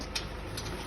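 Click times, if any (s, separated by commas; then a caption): 0.2 s. The manual release lever on a sliding-gate motor is closed after the remote gate has been slid by hand, so the gear locks back in. The metal lever gives a short clunk at 0.2 s, with a weaker knock at 0.6 s over a steady low background hum. The release is seated and the motor is locked in again.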